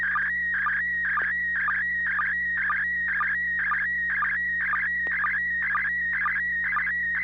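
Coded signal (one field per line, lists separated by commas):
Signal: SSTV (slow-scan television)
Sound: warbling tone sweeping around 1.5-2.3 kHz with rhythmic short low blips about twice a second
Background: low hum, radio noise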